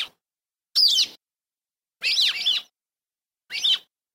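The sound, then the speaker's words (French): Three separate bursts of rock sparrow (Petronia petronia) song, each a short nasal, wheezy chirp rising and falling in pitch, spaced by pauses of about a second, with no talking. “Alors, ce cuicui a l'air tout à fait ordinaire est celui du moineau sous le cygne, Petronia petronia.”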